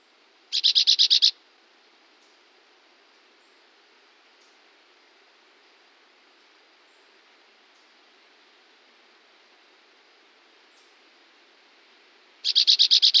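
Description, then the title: Chestnut-bellied euphonia calling: a quick rattling series of harsh metallic notes, then a long quiet hiss, then the same grating burst again about twelve seconds later. Passerine of the family Fringillidae; measures 11.5 cm long, and the male weighs about 16.5 g. "Ferro Velho"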